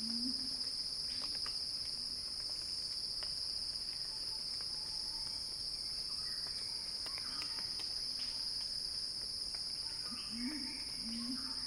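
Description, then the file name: High cicada buzz continues unchanged, joined by low hooting notes at the beginning and close to the end. Cicada song described as a crescendo. "earth-fm Axel-Drioli Cicada-Crescendo-Sounding-Wild"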